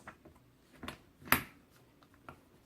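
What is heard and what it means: A rear wheel axle on a Britax B-Agile/B-Safe 35 Elite Travel System stroller is slid into its plastic rear wheel mounting bracket, with faint knocks near 0.1 s and 0.9 s. A sharp, bright click at 1.3 s marks the axle locking into place, followed by a softer tick at 2.3 s as the wheel is pulled to check it. The axle is confirmed seated and secure.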